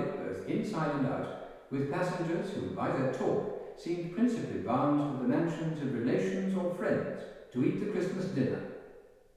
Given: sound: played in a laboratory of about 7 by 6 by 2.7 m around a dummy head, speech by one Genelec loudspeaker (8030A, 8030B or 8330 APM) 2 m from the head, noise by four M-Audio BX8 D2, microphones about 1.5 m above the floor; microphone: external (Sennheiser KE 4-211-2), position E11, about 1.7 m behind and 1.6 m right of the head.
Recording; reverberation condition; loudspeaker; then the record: male speech in English; high; 90 degrees to the left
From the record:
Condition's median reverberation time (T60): about 1300 ms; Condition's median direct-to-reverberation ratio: about -4.0 dB